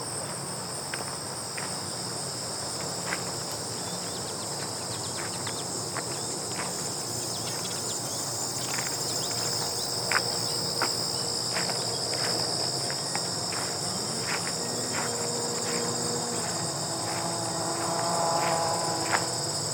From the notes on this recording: the crisp sounds of walking on gravel and whispers of grasshoppers from this mid-September trek through the Highland Trails